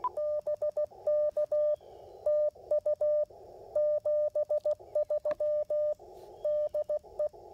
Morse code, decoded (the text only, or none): BK TU 73 DE